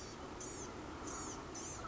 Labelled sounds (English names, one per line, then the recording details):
Blue-gray Gnatcatcher
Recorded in Sonoma County, California